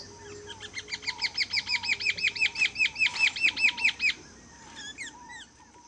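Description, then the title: Green-backed becard calling, a fast run of many bright, evenly spaced notes over about three and a half seconds, followed by a few scattered chirps. Nominate subspecies Pachyramphus viridis viridis. "LuckyPassaro Completos2Sama. Green-backed Becard"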